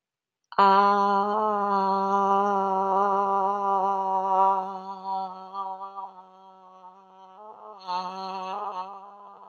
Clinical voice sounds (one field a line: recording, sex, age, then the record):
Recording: vowel held as long as possible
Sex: female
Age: 40 to 49 years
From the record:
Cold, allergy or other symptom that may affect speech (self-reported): no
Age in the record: 45 years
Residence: California, United States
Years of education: 13